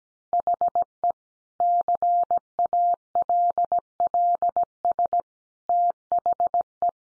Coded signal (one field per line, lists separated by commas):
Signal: Morse code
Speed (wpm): 17 wpm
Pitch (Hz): 700 Hz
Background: none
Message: HE CALLS THE